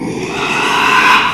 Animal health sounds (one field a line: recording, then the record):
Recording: squeal of a Yucatan mini pig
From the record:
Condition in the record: after surgery on the right vocal fold (resection and tissue-engineered implant)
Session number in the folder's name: 1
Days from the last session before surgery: 6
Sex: male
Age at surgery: 12 weeks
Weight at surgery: 13 kg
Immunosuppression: cyclosporine, prednisolone